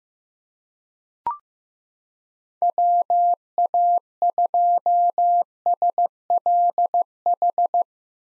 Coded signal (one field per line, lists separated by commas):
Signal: Morse code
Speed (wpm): 15 wpm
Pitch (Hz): 700 Hz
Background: none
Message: WA2SLH